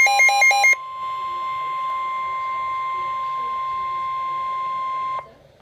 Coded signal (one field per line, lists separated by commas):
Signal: Emergency Alert System (SAME) tones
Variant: 1050 Hz attention tone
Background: speech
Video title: Severe Thunderstorm Warning - EAS #399